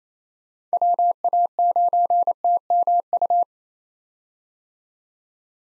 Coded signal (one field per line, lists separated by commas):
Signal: Morse code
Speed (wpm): 27 wpm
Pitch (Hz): 700 Hz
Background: none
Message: WA9TMU